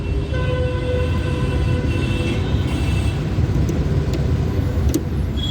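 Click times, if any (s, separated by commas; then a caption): 4.9 s. The injector fuel pipe's quick connector is pushed onto the fuel pump outlet of a TVS Apache 160 4V motorcycle, over a steady low rumble and hum. A short, sharp click at 4.9 seconds marks the connector locking into place, and it is confirmed seated.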